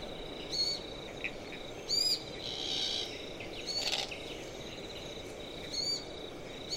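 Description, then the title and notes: Glossy black cockatoo giving two harsh creaks midway, over a steady high cricket trill and brief chirps of other birds. Adult female with her young, softly singing and creaking in coastal She-oaks as light fades; autumn afternoon, 31 March 2015; marshy woodland by Durras Lake, Murramarang National Park, NSW, Australia. "Autumn Afternoon In The Marshy Woodlands By Durras Lake. Underneath the still, coastal She-oaks an adult Glossy Black Cockatoo and her young softly sing and hauntingly creak as the light begins to fade"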